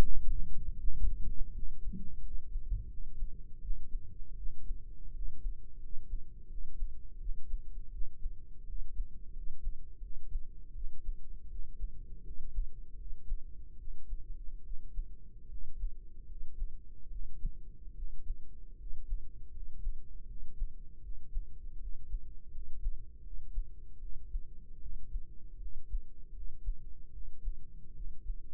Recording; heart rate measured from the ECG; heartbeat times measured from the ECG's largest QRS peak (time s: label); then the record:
heart sounds by microphone in the right ear; 80 bpm
0.03 s: heartbeat
0.76 s: heartbeat
1.51 s: heartbeat
2.20 s: heartbeat
2.87 s: heartbeat
3.59 s: heartbeat
4.35 s: heartbeat
5.11 s: heartbeat
5.78 s: heartbeat
6.47 s: heartbeat
7.18 s: heartbeat
7.90 s: heartbeat
8.64 s: heartbeat
9.32 s: heartbeat
9.99 s: heartbeat
10.73 s: heartbeat
11.48 s: heartbeat
12.22 s: heartbeat
12.95 s: heartbeat
13.76 s: heartbeat
14.62 s: heartbeat
15.47 s: heartbeat
16.25 s: heartbeat
17.08 s: heartbeat
17.93 s: heartbeat
18.76 s: heartbeat
19.50 s: heartbeat
20.25 s: heartbeat
21.00 s: heartbeat
21.78 s: heartbeat
22.50 s: heartbeat
23.21 s: heartbeat
23.99 s: heartbeat
24.79 s: heartbeat
25.58 s: heartbeat
26.31 s: heartbeat
27.11 s: heartbeat
27.93 s: heartbeat
From the record:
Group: healthy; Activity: cold pressor test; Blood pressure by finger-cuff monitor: 102/63 mmHg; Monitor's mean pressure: 76 mmHg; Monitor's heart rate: 80 bpm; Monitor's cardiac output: 5.8 L/min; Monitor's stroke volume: 73 mL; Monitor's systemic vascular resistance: 940 dyn s/cm5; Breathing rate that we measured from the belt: 18 breaths a minute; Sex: male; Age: 20 years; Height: 167 cm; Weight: 61 kg